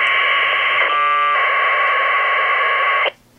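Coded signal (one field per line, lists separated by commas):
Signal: packet radio (AX.25, as in APRS)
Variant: 1200 baud AFSK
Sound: a harsh buzzing data burst lasting about three seconds, then it cuts off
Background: radio static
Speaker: I've got the volume up on the radio obviously and you heard some APRs traffic there that's pretty much what it sounds like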